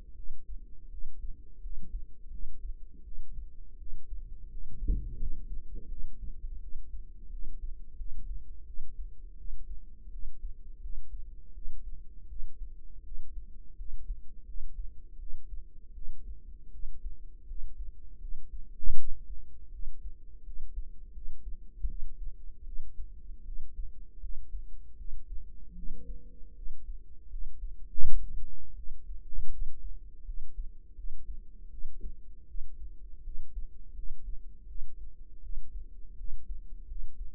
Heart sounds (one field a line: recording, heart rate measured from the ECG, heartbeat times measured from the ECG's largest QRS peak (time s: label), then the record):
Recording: heart sounds by microphone in the right ear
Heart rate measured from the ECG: 82 bpm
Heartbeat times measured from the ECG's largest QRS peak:
0.13 s: heartbeat
0.88 s: heartbeat
1.59 s: heartbeat
2.28 s: heartbeat
3.02 s: heartbeat
3.76 s: heartbeat
4.47 s: heartbeat
5.16 s: heartbeat
5.87 s: heartbeat
6.58 s: heartbeat
7.28 s: heartbeat
7.95 s: heartbeat
8.64 s: heartbeat
9.35 s: heartbeat
10.09 s: heartbeat
10.79 s: heartbeat
11.52 s: heartbeat
12.26 s: heartbeat
13.01 s: heartbeat
13.74 s: heartbeat
14.44 s: heartbeat
15.17 s: heartbeat
15.92 s: heartbeat
16.69 s: heartbeat
17.45 s: heartbeat
18.18 s: heartbeat
18.94 s: heartbeat
19.69 s: heartbeat
20.42 s: heartbeat
21.11 s: heartbeat
21.85 s: heartbeat
22.63 s: heartbeat
23.42 s: heartbeat
24.18 s: heartbeat
24.95 s: heartbeat
25.73 s: heartbeat
26.53 s: heartbeat
27.27 s: heartbeat
27.99 s: heartbeat
28.73 s: heartbeat
29.48 s: heartbeat
30.23 s: heartbeat
30.93 s: heartbeat
31.68 s: heartbeat
32.45 s: heartbeat
33.21 s: heartbeat
33.92 s: heartbeat
34.65 s: heartbeat
35.39 s: heartbeat
36.15 s: heartbeat
36.85 s: heartbeat
From the record:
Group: healthy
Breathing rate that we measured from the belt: 19 breaths a minute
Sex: female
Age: 19 years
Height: 163 cm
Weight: 48.9 kg